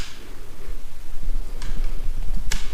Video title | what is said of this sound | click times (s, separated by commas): MATCC Pressure Washer Gun Won't connect with Foam Cannon | you go it locks in place so it won't come out the pressure from | 2.5 s